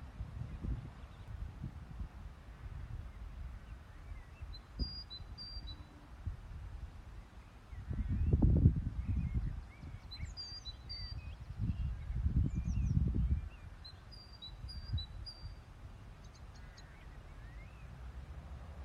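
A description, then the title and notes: A great tit calls outdoors in short, high, repeated phrases, clusters near 5, 10 and 15 seconds, with other small chirps scattered between. Low rumbling wind or traffic runs throughout, swelling loudly around 8 and 12 seconds. Great Tit in the Lake District.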